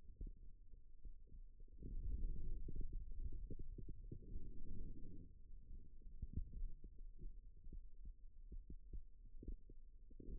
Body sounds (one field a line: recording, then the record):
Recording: forearm muscle sounds (acoustic myography)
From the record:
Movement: radial deviation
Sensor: system 2, bracelet of six BSWA MPA416 microphones around the upper forearm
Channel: 1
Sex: male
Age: 22 years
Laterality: right